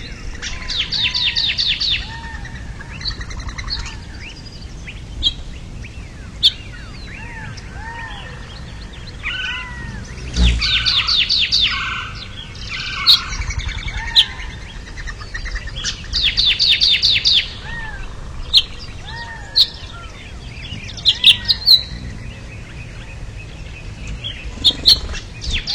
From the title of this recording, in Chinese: 群鸟鸣叫